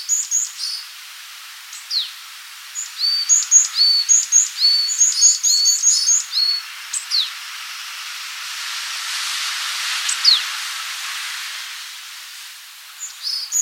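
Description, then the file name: Varied tit calls: a busy series of high, thin, downslurred notes for several seconds, a pause with a soft rushing noise, then a few more notes at the end. "Parus varius"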